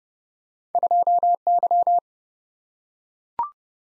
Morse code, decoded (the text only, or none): 2Y